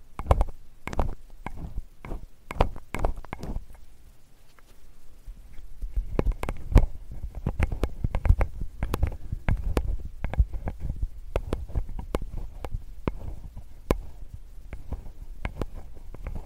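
A metal ear pick scrapes and taps inside the ear, making sharp clicks and crackles, regular early on, then denser with a low rumbling underneath.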